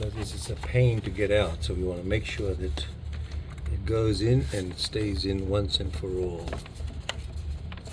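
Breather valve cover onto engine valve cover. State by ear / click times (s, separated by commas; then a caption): seated / 7.1 s. Someone talks while a plastic breather valve cover is pressed onto the engine valve cover of a BMW 120i E88 during a PCV replacement. A sharp click sounds at 7.1 s as the breather valve cover seats in place.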